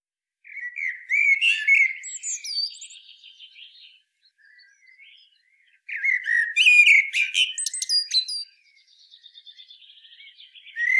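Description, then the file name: Eurasian blackbird singing two phrases, each a warbled phrase running into higher squeaky twittering, separated by a short pause, with a third phrase starting at the end. "Turdus merula"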